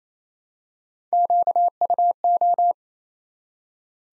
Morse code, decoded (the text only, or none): QUO